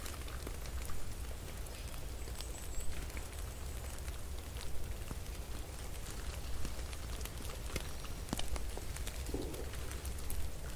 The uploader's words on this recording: Cozy winter ambience for relaxation. Snow falling and melting.